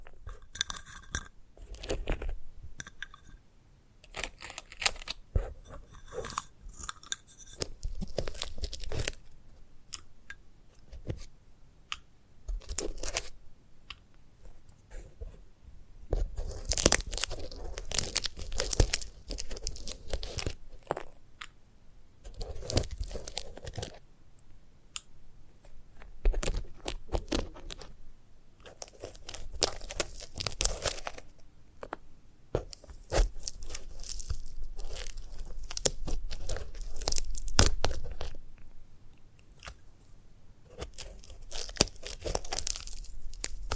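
Crisp crunching and tearing of a sunflower head, in dense bursts of bright, crackly snaps that come in clusters every few seconds. Busier stretches around 16–22, 28–32 and 34–39 seconds alternate with brief quieter pauses, while a low rumble sits underneath.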